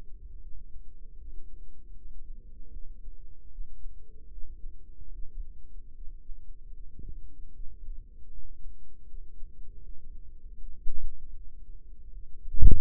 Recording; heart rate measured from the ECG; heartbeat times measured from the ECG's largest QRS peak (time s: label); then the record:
heart sounds by microphone in the right ear; 77 bpm
0.40 s: heartbeat
1.17 s: heartbeat
1.93 s: heartbeat
2.71 s: heartbeat
3.49 s: heartbeat
4.29 s: heartbeat
5.11 s: heartbeat
5.93 s: heartbeat
6.73 s: heartbeat
7.52 s: heartbeat
8.30 s: heartbeat
9.06 s: heartbeat
9.82 s: heartbeat
10.57 s: heartbeat
11.33 s: heartbeat
12.11 s: heartbeat
From the record:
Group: healthy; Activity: cold pressor test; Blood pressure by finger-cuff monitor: 137/87 mmHg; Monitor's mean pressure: 104 mmHg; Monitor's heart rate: 77 bpm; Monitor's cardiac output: 5.7 L/min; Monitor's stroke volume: 74 mL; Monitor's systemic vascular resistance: 1350 dyn s/cm5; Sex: female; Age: 43 years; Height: 160 cm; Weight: 90 kg